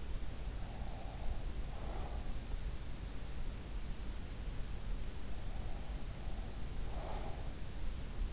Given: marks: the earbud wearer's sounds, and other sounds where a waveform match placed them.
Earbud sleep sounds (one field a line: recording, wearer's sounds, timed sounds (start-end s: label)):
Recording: sounds in sleep by an in-ear microphone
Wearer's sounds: breath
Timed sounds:
0.00-2.64 s: breath
5.20-8.17 s: breath